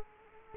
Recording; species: mosquito wingbeat signal from an infrared sensor; Culex quinquefasciatus